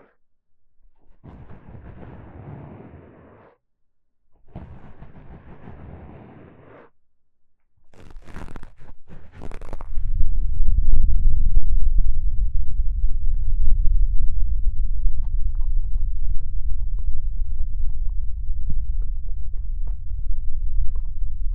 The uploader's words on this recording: 超炸腦的摀耳朵. Deep Ear Cupping | Intense Bass & Underwater Sounds | NO Talking.